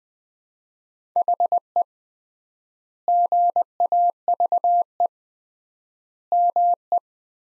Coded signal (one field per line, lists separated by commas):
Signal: Morse code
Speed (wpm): 21 wpm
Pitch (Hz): 700 Hz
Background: none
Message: HE GAVE ME